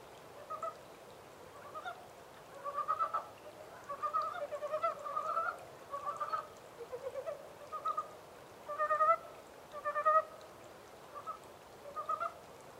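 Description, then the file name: Montane brown frog calling: grouped, stuttering clucks and croaks repeated roughly once a second in uneven bursts over steady background hiss. Recorded 14 April 2010. "yamaakagaeru-20100414"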